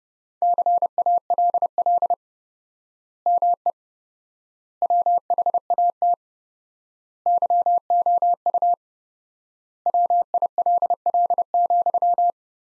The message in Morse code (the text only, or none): CALL ME WHAT YOU WILL,